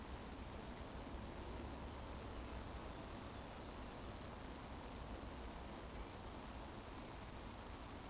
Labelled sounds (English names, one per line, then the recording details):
Eurasian Woodcock whistle
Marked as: whistle, whistle, whistle
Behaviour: display flight
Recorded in Baden-Württemberg, Germany, on 24 June 2020 at 19:23 UTC
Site 14569, 102 m above sea level